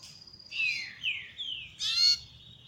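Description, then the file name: Belgian canary producing long sliding whistles that fall in pitch, then a dense buzzy burst ending in a steady high whistle. Copper-coloured Belgian canary song. "canto do canario belga cobre"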